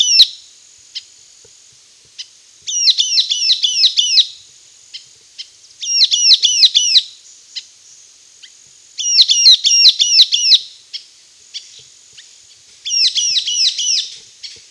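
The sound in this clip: Sultan tit calls: bursts of rapid, high, chattering notes lasting about a second and a half, repeated every three to four seconds, with a faint steady high tone between bursts.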